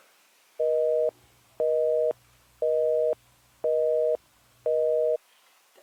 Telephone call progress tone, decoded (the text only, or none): busy tone